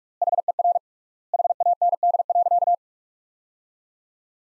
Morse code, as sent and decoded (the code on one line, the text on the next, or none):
.... . .-. / .... .- -. -.. .-.-.-
HER HAND.